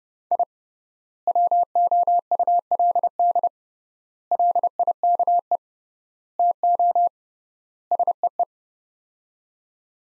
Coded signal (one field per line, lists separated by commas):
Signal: Morse code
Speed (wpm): 32 wpm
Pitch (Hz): 700 Hz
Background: none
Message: I WOULD LIKE TO SEE